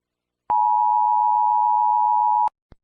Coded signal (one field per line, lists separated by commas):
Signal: Emergency Alert System (SAME) tones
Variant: 853 and 960 Hz attention tone